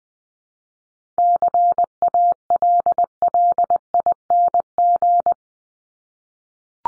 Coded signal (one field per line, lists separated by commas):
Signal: Morse code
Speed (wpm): 20 wpm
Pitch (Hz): 700 Hz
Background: none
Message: CALLING